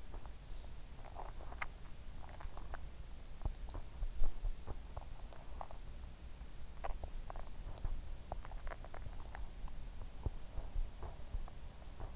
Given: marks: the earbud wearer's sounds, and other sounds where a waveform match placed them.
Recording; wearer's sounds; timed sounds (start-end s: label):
sounds in sleep by an in-ear microphone; body movement, swallowing
0.00-12.16 s: body movement
1.04-2.82 s: swallowing
6.72-9.07 s: swallowing